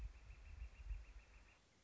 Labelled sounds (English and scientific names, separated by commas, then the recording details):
Northern Flicker (Colaptes auratus)
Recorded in Sonoma County, California